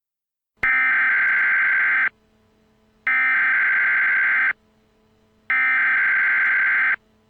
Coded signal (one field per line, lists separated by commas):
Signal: Emergency Alert System (SAME) tones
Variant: header bursts